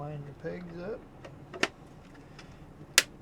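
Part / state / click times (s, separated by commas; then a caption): plastic stand foot onto the bottom of a game console / seated / 3.0 s. Someone talks as a plastic stand foot is pressed onto the bottom of an Xbox Series X game console with its pegs lined up, then twisted until it locks. A few faint ticks come first, then a sharp, loud snap at 3.0 s. The foot is seated.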